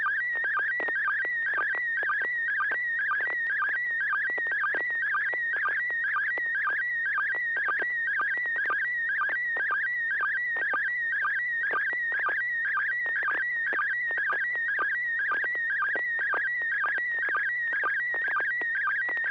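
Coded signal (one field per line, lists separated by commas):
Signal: SSTV (slow-scan television)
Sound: continuous warbling, chirping tone with rapid regular low blips, steady for the whole clip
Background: low steady hum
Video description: Watch and interact with our members as we exchange Slow Scan Television images via amateur radio.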